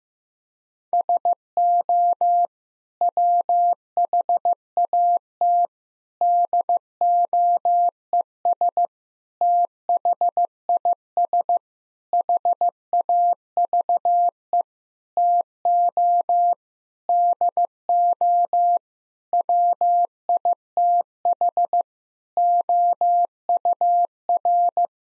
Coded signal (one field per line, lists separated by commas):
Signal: Morse code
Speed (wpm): 15 wpm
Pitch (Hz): 700 Hz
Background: none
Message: SO WHAT DOES THIS HAVE TO DO WITH OUR